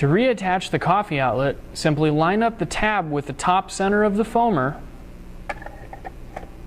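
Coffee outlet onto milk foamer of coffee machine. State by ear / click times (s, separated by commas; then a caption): seated / 5.5 s. Someone talks as the plastic coffee outlet of a Franke coffee machine has its tab lined up with the top center of the milk foamer and is pushed gently onto it. A sharp click at 5.5 s is followed by a few faint ticks, and the outlet is seated on the foamer.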